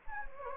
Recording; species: mosquito wingbeat signal from an infrared sensor; Anopheles gambiae